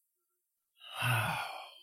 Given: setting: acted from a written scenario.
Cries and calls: vocal sound without words; awe

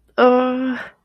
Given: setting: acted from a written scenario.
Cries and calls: vocal sound without words; distress

